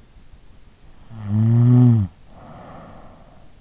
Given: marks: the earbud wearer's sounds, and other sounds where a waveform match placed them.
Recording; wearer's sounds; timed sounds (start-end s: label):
sounds in sleep by an in-ear microphone; snoring breath
0.88-3.48 s: snoring breath